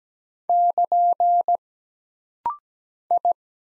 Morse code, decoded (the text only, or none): <KN> I